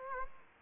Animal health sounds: mosquito wingbeat signal from an infrared sensor; Aedes aegypti

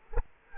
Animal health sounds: mosquito wingbeat signal from an infrared sensor; Culex quinquefasciatus

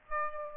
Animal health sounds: mosquito wingbeat signal from an infrared sensor; Aedes aegypti

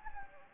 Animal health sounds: mosquito wingbeat signal from an infrared sensor; Anopheles gambiae

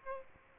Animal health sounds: mosquito wingbeat signal from an infrared sensor; Aedes aegypti

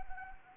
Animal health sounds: mosquito wingbeat signal from an infrared sensor; Anopheles gambiae

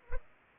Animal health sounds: mosquito wingbeat signal from an infrared sensor; Culex pipiens

